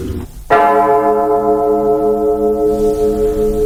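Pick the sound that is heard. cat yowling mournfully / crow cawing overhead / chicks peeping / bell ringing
bell ringing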